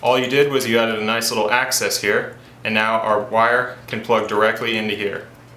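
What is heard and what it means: A spade terminal on an accessory wiring harness wire is being handled to plug into the socket of a T-tap connector. Someone talks throughout, with no distinct click. Nothing has seated or clicked yet.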